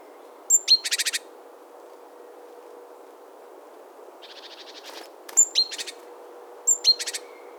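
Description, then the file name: Great tit calls: high piercing double notes, each pair trailed by a quick buzzy chatter, repeated three times, with a softer buzzing call in between. "Parus major"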